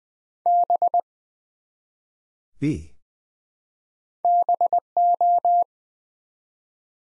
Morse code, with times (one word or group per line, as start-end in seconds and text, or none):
0.5-1.0 B
4.2-5.6 BO